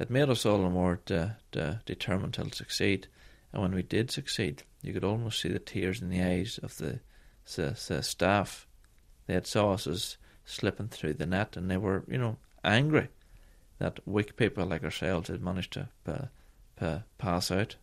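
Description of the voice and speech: An adult man who stammers speaks in a low voice with an Irish accent, mostly fluently, but with a drawn-out sound on "staff" and a silent block before "pass". These prolongations and blocks are typical of stuttering.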